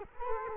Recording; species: mosquito wingbeat signal from an infrared sensor; Culex quinquefasciatus